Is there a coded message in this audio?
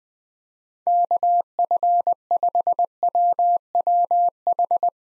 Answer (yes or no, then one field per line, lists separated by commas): yes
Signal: Morse code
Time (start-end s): 0.9-4.9 s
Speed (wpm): 20 wpm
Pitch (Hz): 700 Hz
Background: none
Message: KF5WWH